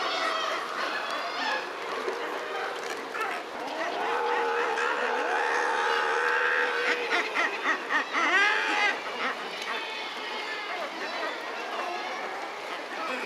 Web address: Guillemot